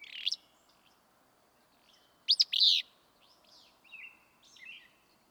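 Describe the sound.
Willow flycatcher giving an abrupt, buzzy 'fitz-bew' phrase midway, after a short burst at the start, with soft thin whistles and chirps around it.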